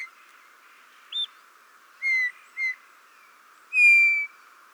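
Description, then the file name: Eurasian bullfinch giving short soft piping notes, then a longer clear level whistle near the end, over a faint background hiss. "Pyrrhula pyrrhula"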